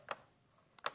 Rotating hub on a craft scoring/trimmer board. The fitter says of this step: into envelope mode that's three clicks it's 45° I know where I'm going with it